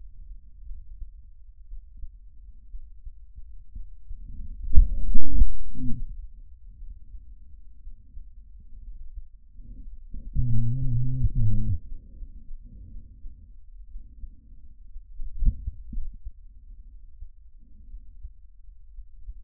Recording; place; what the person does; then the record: lung sounds by stethoscope; trachea; quiet breathing, then cough and speech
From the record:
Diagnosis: interstitial lung disease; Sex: male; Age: 74 years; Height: 160 cm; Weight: 54 kg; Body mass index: 21.1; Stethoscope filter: bell mode